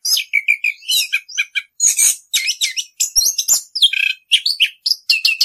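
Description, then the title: Orange-headed thrush singing a nonstop medley of sharp high chirps, buzzy notes and quick rising and falling whistles, phrases tumbling one after another. Continuous rolling song (ngerol). "Anis Kembang suara anis kembang ngerol"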